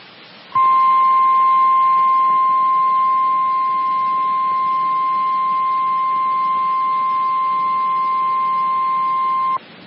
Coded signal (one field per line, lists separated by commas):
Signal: Emergency Alert System (SAME) tones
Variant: 1050 Hz attention tone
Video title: RMT's and RWT's (EAS 74-80)